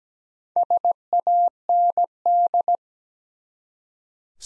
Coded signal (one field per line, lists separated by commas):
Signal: Morse code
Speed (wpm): 17 wpm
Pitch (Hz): 700 Hz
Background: none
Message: SAND